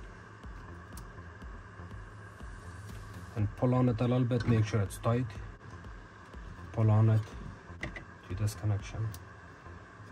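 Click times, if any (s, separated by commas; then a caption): 7.8 s, 8.0 s. A wiring harness connector is pushed together into its mating plug in a Sub-Zero 245RFD refrigerator, then tugged to check it is seated. Someone talks, and two sharp clicks are heard at 7.8 s and 8.0 s. The connector is confirmed seated.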